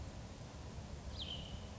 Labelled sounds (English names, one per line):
Cassin's Vireo